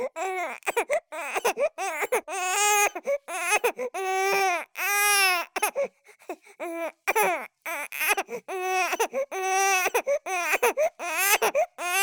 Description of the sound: Voice Baby Cry Sequence Long Mono.